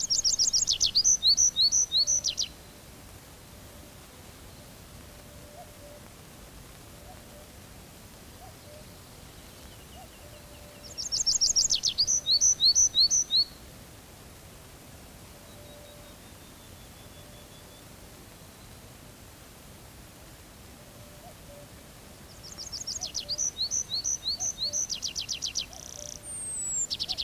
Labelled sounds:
Tree Pipit (Anthus trivialis) song

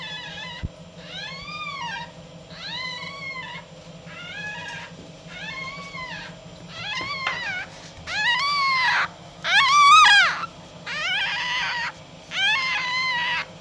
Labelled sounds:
Red Fox (Vulpes vulpes)

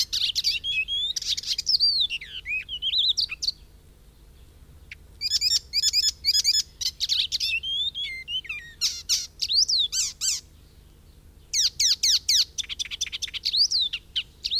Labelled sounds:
Icterine Warbler (Hippolais icterina) song

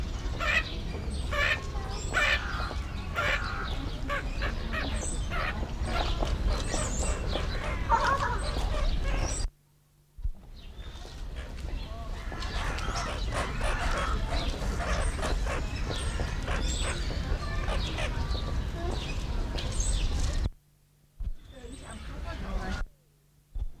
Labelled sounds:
Crowned Lapwing (Vanellus coronatus) call

